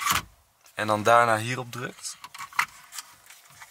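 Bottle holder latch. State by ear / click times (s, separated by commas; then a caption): released / 2.6 s. A plastic bottle holder latch is pressed open by pushing two spots on it, so it can then be pulled open to take a bottle and closed again to hold it fast. Someone talks, then a sharp click comes at 2.6 s as the spots are pressed, followed by a few fainter taps, and the latch is released.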